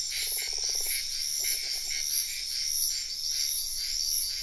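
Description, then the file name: Frog croaks as two rattling pulsed bursts early on, while a constant shrill insect trill and regular chirps fill the background. Wetland at night in Sian Ka'an Biosphere Reserve; natural ambience with frogs and insects. "felix blume nature ambience wetland night frogs insects bird heron type sian ka an biosphere reserve"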